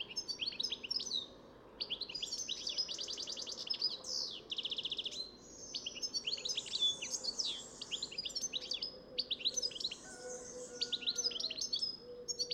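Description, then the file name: European goldfinch song: a long run of liquid twittering, rapid trills and a buzzy rattle, with a faint low hum throughout. "Carduelis carduelis"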